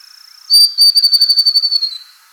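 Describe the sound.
Grey-throated babbler song: a thin high steady note leads into a quick rattling trill of evenly pulsed, high whistled notes lasting about one and a half seconds.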